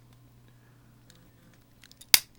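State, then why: Seated. A plastic arm piece of a Transformers Universe Springer robot toy, a Target exclusive, is pushed into its tight snap joint on the side of the transforming figure. Faint ticks at about 1.8 and 2.0 seconds lead to a sharp, loud snap at 2.1 seconds as the arm seats in place.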